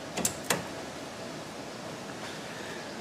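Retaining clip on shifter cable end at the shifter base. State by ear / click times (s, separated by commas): seated / 0.2 s, 0.5 s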